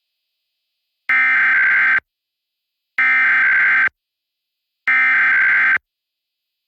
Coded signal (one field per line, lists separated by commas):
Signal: Emergency Alert System (SAME) tones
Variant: header bursts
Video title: EAS: Pennsylvania Required Monthly Tests (7/16/20)(EAS #421-429)